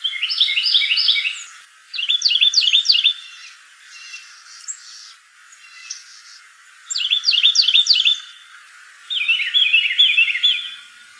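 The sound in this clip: Carolina wren song, four bursts of fast, repeated ringing notes in varied phrases, with a long pause midway, quieter chips between and a soft hiss behind.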